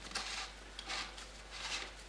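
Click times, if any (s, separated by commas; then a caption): 0.8 s. A new paper oil filter element is fitted into the plastic filter housing cap of a Land Rover Discovery 3 2.7 TDV6, and the cap is screwed back on by hand. Soft, hissy scraping rasps come in bursts as the cap turns, with a short, sharp click at 0.8 s. That click is the top of the element snapping into place on the cap, so the element is seated.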